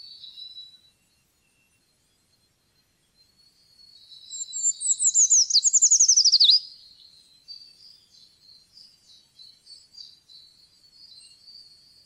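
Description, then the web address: Eurasian treecreeper singing a single high, thin phrase: a fast descending run of sweet notes that ends in a small twist, with soft high chirping before and after. "fuglelyder trekryper"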